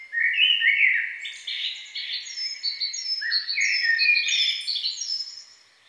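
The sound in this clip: Songbird song: a busy run of high chirps and warbled notes, with short repeated falling whistles above, continuing without pause for most of the stretch.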